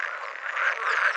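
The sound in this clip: Pool frog calling: a continuous rasping, grating croak held steadily for over a second without a break.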